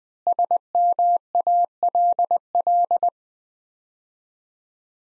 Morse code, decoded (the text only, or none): SMALL